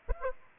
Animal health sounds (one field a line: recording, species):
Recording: mosquito wingbeat signal from an infrared sensor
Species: Aedes aegypti